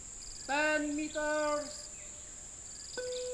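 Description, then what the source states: Bird giving two nasal, harmonic-rich calls around half a second each, then a steady note starting near three seconds, over a constant high insect-like hiss. United States, 11 September 2021, 11:04.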